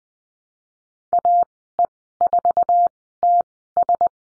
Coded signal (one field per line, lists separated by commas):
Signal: Morse code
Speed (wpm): 20 wpm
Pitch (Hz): 700 Hz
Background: none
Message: AE4TS